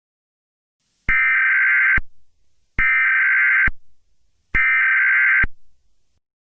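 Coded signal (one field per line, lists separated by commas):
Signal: Emergency Alert System (SAME) tones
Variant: header bursts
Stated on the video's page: Fictional scenario alert about an SCP containment breach.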